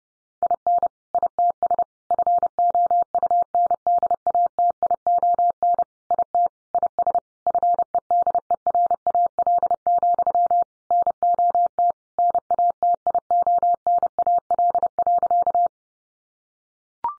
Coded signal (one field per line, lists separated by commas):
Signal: Morse code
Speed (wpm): 30 wpm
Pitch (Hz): 700 Hz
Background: none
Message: IN ITS FOUNDATION IT IS FEDERAL, NOT NATIONAL.